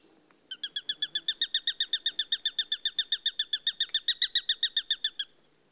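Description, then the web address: Eurasian sparrowhawk uttering a rapid, steady run of harsh high notes for nearly five seconds, then silence. "The BBC Sound Effects Library. Sparrowhawk (Accipiter Nisus)"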